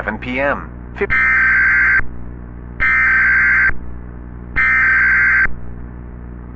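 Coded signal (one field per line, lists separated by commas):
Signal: Emergency Alert System (SAME) tones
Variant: header bursts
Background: speech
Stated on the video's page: Fictional tornado EAS scenario, which may contain actual EAS tones.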